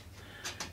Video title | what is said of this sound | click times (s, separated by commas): BT Home Hub 5 Antenna Modification #60 | and you'll hear the clicks as it releases | 0.6 s